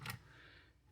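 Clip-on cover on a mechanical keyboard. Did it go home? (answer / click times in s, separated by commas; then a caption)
yes / 0.1 s. A clip-on cover is gently pressed back onto a plastic Hexgears X5 wireless full-size 108-key mechanical keyboard. A short, bright snap at 0.1 s marks it seating in place, followed by a faint ringing tail and quiet room tone.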